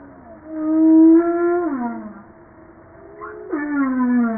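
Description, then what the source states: Humpback whale song with a long steady harmonic moan that slides down, then a second cry starting high and falling slowly. Recorded 5 March 1994.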